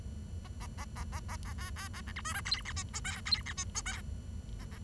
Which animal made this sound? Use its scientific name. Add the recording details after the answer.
Lonchura striata domestica. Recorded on 23 June 2012 at 10:22. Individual gr41rd51